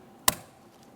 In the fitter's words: Audible click from that.